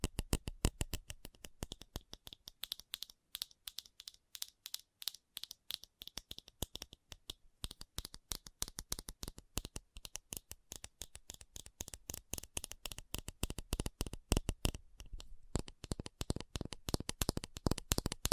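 Fast fingertip tapping runs throughout, a dense stream of sharp, crisp clicks with bright, papery attacks, rather like shuffling cards or typing. The pace is quick and slightly irregular, with brief thinner gaps near 3 to 5 seconds and around 15 seconds before bursts pick up again.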